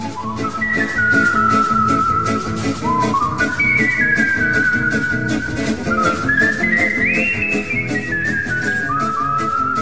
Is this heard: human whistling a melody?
yes